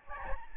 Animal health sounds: mosquito wingbeat signal from an infrared sensor; Aedes albopictus

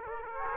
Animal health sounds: mosquito wingbeat signal from an infrared sensor; Aedes aegypti

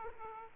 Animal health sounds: mosquito wingbeat signal from an infrared sensor; Aedes aegypti

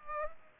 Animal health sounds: mosquito wingbeat signal from an infrared sensor; Culex pipiens

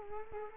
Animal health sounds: mosquito wingbeat signal from an infrared sensor; Culex quinquefasciatus

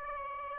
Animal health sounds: mosquito wingbeat signal from an infrared sensor; Aedes aegypti

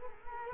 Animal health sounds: mosquito wingbeat signal from an infrared sensor; Culex quinquefasciatus

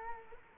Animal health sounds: mosquito wingbeat signal from an infrared sensor; Culex quinquefasciatus

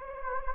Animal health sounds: mosquito wingbeat signal from an infrared sensor; Anopheles gambiae

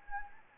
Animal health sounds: mosquito wingbeat signal from an infrared sensor; Anopheles gambiae

